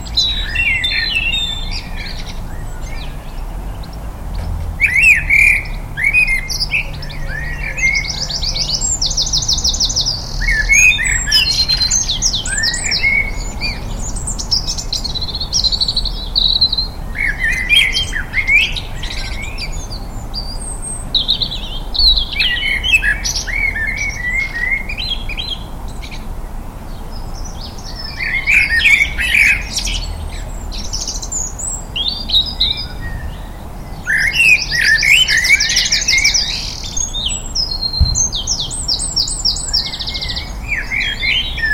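Birds sing in a Liverpool garden, with bright chirps, trills and rapid twittering phrases coming in bursts throughout, busiest around 3–13 and 29–37 seconds. A low, steady rumble sits underneath, with a faint thud near 38 seconds.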